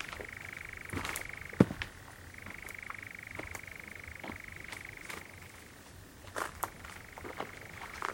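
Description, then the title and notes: European Nightjar churring, a rattling trill that shifts pitch a few times, accompanied by scattered sharp clicks and knocks. Nocturnal bird churring on a warm June summer evening, on a hill in the Brecon Beacons, amid honeysuckle and foxgloves. "Sound Escape 20: the mesmerising churring of a nightjar on a summer's night. it's a warm June evening on a hill in the Brecon Beacons and the strange churring of a nocturnal bird called the nightjar"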